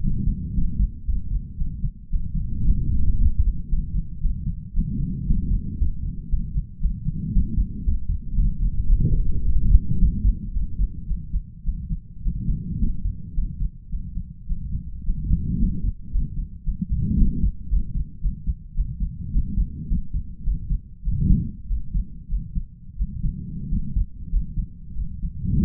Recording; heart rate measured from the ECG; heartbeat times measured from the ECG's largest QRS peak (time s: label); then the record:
heart sounds by stethoscope; 108 bpm
0.01 s: heartbeat
0.54 s: heartbeat
1.06 s: heartbeat
1.57 s: heartbeat
2.10 s: heartbeat
2.64 s: heartbeat
3.17 s: heartbeat
3.69 s: heartbeat
4.21 s: heartbeat
4.73 s: heartbeat
5.26 s: heartbeat
5.78 s: heartbeat
6.29 s: heartbeat
6.80 s: heartbeat
7.32 s: heartbeat
7.84 s: heartbeat
8.35 s: heartbeat
8.87 s: heartbeat
9.42 s: heartbeat
9.98 s: heartbeat
10.53 s: heartbeat
11.07 s: heartbeat
11.64 s: heartbeat
12.22 s: heartbeat
12.79 s: heartbeat
13.34 s: heartbeat
13.89 s: heartbeat
14.46 s: heartbeat
15.03 s: heartbeat
15.58 s: heartbeat
16.11 s: heartbeat
16.64 s: heartbeat
17.17 s: heartbeat
17.69 s: heartbeat
18.21 s: heartbeat
18.74 s: heartbeat
19.31 s: heartbeat
19.88 s: heartbeat
20.43 s: heartbeat
21.02 s: heartbeat
21.67 s: heartbeat
22.28 s: heartbeat
22.96 s: heartbeat
23.68 s: heartbeat
24.29 s: heartbeat
24.94 s: heartbeat
25.60 s: heartbeat
From the record:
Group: healthy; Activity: rest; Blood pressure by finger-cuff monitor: 100/57 mmHg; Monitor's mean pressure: 69 mmHg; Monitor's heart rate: 110 bpm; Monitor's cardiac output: 7.4 L/min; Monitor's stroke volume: 68 mL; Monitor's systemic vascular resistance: 660 dyn s/cm5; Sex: male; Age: 22 years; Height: 181 cm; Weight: 60 kg